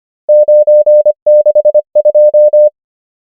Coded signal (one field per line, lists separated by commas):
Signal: Morse code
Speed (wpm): 25 wpm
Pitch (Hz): 600 Hz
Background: none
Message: 9 6 2